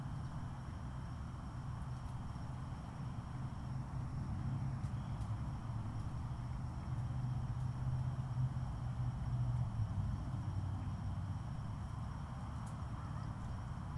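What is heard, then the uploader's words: Outdoor ambience at a golf course in Palm Harbor, FL, dominated by a steady low rumble, like traffic or an engine, that swells slightly between about 7 and 10 seconds. Two thin, constant high tones run throughout, with a few faint clicks. Golf Course, Palm Harbor FL.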